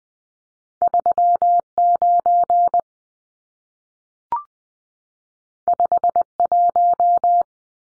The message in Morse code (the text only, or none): 39 51